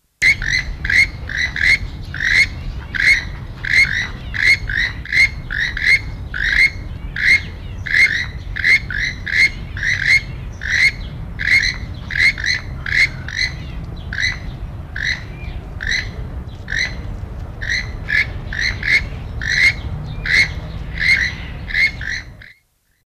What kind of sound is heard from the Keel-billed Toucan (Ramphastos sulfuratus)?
call